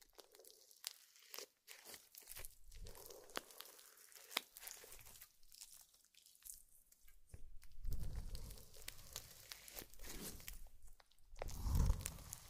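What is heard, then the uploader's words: Wet slime sounds: irregular squelches, sticky pops and crackling clicks come in quick bursts with brief silent gaps. Activity thickens after about eight seconds, and a heavier, deeper squish lands near the twelve-second mark. Slime Sounds.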